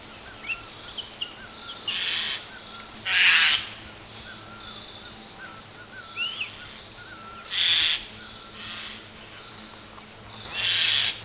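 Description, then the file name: Eurasian jay harsh screeching calls, several raspy bursts spaced irregularly, with faint short notes between them. "Garrulus glandarius"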